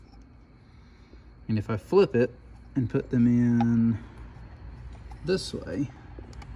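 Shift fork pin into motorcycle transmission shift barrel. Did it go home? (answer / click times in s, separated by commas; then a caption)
no / none. Someone talks while handling steel shift-fork pins that are being flipped around to be pushed into a motorcycle transmission shift barrel, with a few faint taps near 5.1, 6.3 and 6.4 seconds. Nothing has seated or clicked into place yet.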